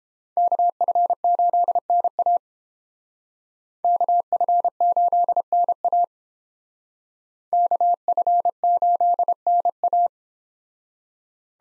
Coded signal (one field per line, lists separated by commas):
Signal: Morse code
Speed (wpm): 31 wpm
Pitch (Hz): 700 Hz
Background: none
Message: KF8NA KF8NA KF8NA